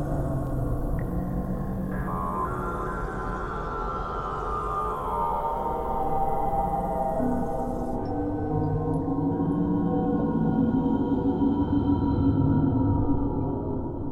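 A dark, droning ambience fills the space, thick with low rumble and long, wavering tones that bend and moan like groans. A faint airy hiss drifts high above until about eight seconds, then thins out while the low moaning swells slightly.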